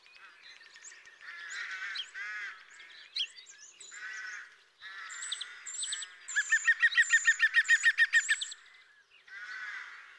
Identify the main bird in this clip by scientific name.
Picus viridis